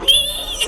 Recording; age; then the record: pig call; piglet (1 to 25 days)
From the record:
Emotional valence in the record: negative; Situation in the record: castration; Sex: male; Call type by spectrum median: high-frequency call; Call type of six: high-frequency stable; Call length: 0.68 s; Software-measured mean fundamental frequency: 268 Hz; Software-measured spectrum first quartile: 3049 Hz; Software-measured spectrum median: 3537 Hz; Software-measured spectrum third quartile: 8440 Hz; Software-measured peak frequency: 3176 Hz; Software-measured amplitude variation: 157 dB a second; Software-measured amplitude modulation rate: 21.3 a second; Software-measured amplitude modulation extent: 7.4 dB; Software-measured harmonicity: 9.5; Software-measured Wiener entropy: -3.88